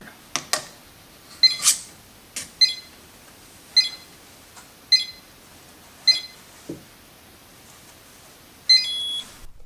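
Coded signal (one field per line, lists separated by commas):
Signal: beep code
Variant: RFID card reader door lock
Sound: five short high beeps about a second apart, then one longer beep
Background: small room, faint clicks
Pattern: 5 short, 1 long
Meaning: The master RFID card has been programmed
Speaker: two orange lights will flash in time with five short beeps and one long beep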